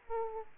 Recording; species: mosquito wingbeat signal from an infrared sensor; Aedes aegypti